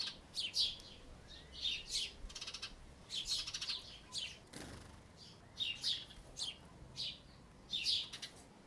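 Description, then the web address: Birds chirping in quick bursts of high-pitched notes, about every second or two. Ambience of birds in a yard. "NS Studios - ultra sound collection ambience birds in a yard"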